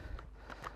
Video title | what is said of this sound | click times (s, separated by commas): Prime Day Deals 2023 Live Stream Amazon Product Review Replay | locks into place and then the last component which is the vacuum head itself | 0.7 s